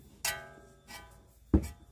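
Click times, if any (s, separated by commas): 0.2 s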